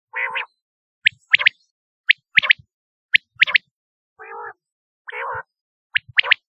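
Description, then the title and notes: Quail calling with sharp high chirps in clusters, interrupted by low, nasal buzzy notes, roughly one burst per second. "Kicau Burung Puyuh"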